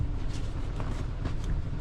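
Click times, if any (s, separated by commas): none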